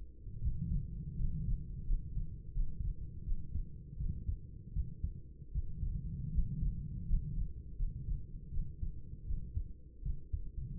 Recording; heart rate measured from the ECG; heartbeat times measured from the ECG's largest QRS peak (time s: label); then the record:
heart sounds by stethoscope; 81 bpm
0.39 s: heartbeat
1.16 s: heartbeat
1.84 s: heartbeat
2.51 s: heartbeat
3.22 s: heartbeat
3.96 s: heartbeat
4.72 s: heartbeat
5.51 s: heartbeat
6.30 s: heartbeat
7.05 s: heartbeat
7.75 s: heartbeat
8.49 s: heartbeat
9.24 s: heartbeat
10.01 s: heartbeat
10.79 s: heartbeat
From the record:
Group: healthy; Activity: rest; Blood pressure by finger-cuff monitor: 102/53 mmHg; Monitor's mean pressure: 70 mmHg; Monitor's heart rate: 79 bpm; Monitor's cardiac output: 7 L/min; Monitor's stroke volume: 88 mL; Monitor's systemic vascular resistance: 700 dyn s/cm5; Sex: female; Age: 26 years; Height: 165 cm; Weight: 55 kg